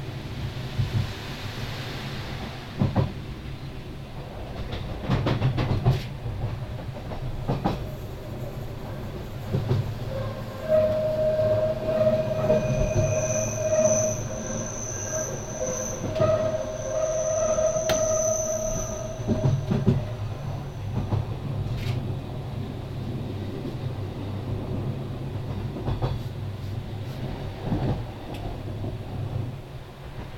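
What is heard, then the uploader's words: A train runs along its tracks with a steady low rumble and scattered clanks. From about ten to twenty seconds the rails ring out in two clear, sustained tones, a bright metallic singing that rises over the rumble before it fades back to rolling noise. Train to Lauterbrunnen. The tracks ring very nicely.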